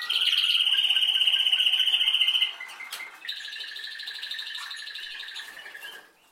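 Canary singing a loud, fast, bright trill for over two seconds, then switching to a lower, buzzier rolling trill that fades out near the end.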